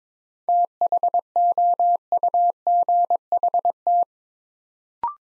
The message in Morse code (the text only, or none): THOUGHT